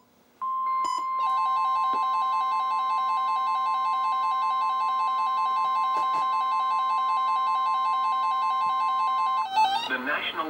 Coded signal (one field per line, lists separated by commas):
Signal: Emergency Alert System (SAME) tones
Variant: 1050 Hz attention tone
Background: speech, music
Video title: EAS #1104-#1120: IT BEGINS | KHB36, WXM42, WNG736, & KEC83